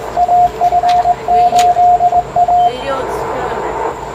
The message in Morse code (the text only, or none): AF8A